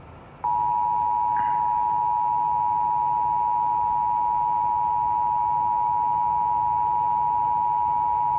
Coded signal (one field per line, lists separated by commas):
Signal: Emergency Alert System (SAME) tones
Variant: 853 and 960 Hz attention tone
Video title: Texas Amber Alert EAS on KDSX dasdec decoder